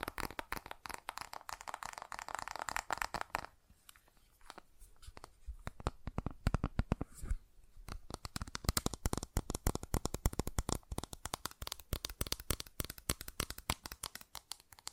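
Fast tapping in dense, crisp bursts of clicks. The first three seconds carry a brighter, rustling texture under the taps, then a quieter stretch with sparse ticks follows until about eight seconds, after which rapid, even tapping fills the rest.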